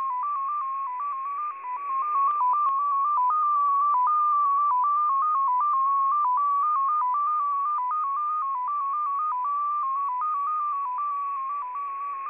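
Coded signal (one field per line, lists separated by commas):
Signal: numbers station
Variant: XPA2 MFSK data mode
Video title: XPA2 Data Mode 27/09/2023 0910 UTC 18206kHz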